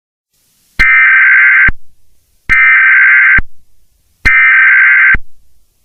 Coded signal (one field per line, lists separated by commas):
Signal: Emergency Alert System (SAME) tones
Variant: header bursts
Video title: EAS Scenario: The War Machine